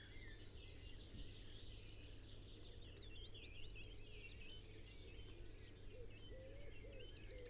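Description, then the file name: Eurasian blue tit uttering high, thin notes in short bursts. "Cyanistes caeruleus"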